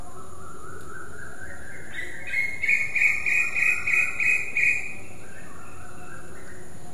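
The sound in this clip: Koel call, a rising series of notes climbing from low to high pitch, then pulsing rapidly at the top for about two and a half seconds, over steady background hiss.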